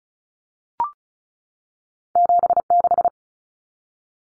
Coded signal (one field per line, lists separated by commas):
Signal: Morse code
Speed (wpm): 34 wpm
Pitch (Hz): 700 Hz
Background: none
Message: 76